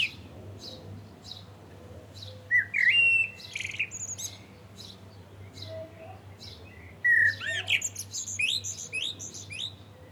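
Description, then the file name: Common blackbird song: two fluted, whistled phrases each ending in a squeaky high twitter, about four seconds apart, over faint ticking calls of another bird. "Turdus merula"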